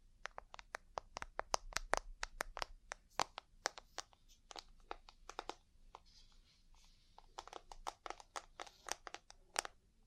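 Ear cleaning and tapping: a quick run of sharp, crisp taps fills the ten seconds, coming in bursts with brief gaps near the six and seven second marks. The hits are bright and clicky, some louder than others, over a soft low rumble underneath.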